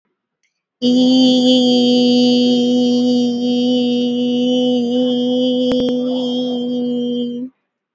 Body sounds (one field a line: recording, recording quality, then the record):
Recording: sustained vowel as in beet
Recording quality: excellent, no background noise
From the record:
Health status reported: COVID-19 positive, no symptoms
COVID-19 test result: positive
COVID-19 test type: RT-PCR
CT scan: not taken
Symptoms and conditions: none ticked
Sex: female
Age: 23 years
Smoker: no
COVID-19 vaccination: both doses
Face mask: worn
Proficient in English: yes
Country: India